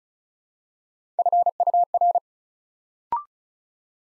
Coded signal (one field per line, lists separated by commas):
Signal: Morse code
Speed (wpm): 36 wpm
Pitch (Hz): 700 Hz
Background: none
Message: FUR